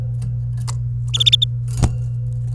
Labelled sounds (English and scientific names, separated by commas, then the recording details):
Domestic Canary (Serinus canaria) song
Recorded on 28 April 2018 at 15:09
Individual llb3